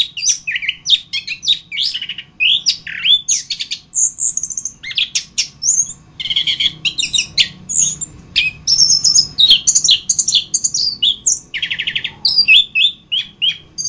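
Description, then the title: Thrush pouring out a long, varied song of chirps, trills and high thin whistles. "Suara Burung Anis"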